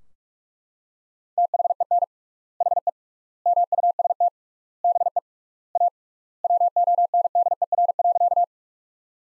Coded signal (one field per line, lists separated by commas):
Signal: Morse code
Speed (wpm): 41 wpm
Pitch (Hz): 700 Hz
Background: none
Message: THEN HE MUST BE A WONDER.